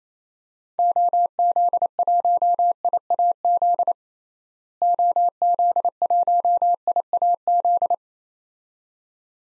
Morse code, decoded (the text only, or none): OZ1IAZ OZ1IAZ